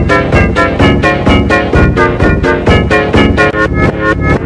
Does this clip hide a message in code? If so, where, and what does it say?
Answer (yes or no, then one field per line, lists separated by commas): no